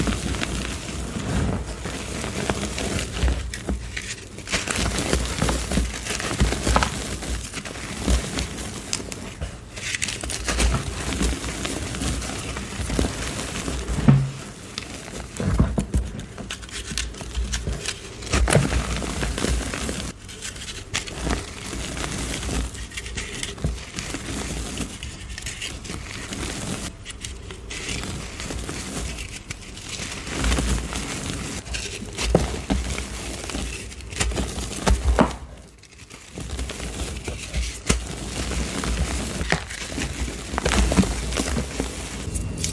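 Crunchy black iron oxide chalk crumbles in steady dense crackling and crinkling, with brief quieter gaps near 15, 20 and 35 seconds.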